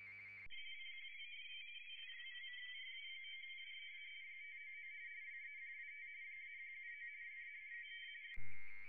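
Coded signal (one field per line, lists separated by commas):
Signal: RTTY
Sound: rapid warbling two-tone chatter, steady for about eight seconds, then cut off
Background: radio static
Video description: A.R.I. International DX Contest *** SO2V LP RTTY ***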